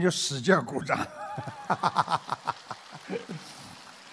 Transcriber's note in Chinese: 掌声